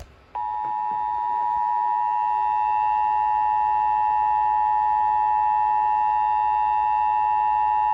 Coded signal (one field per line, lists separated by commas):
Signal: Emergency Alert System (SAME) tones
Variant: 853 and 960 Hz attention tone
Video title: Required Monthly Test (EAS #511)